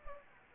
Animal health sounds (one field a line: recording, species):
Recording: mosquito wingbeat signal from an infrared sensor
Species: Anopheles arabiensis